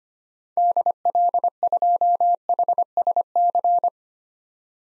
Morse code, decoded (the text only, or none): DL2HSC